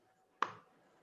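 A memory module is pressed into a motherboard slot, lower end first and then the upper end, until its latch locks. A single sharp snap is heard at 0.4 s against a quiet background, and the module is seated and tight.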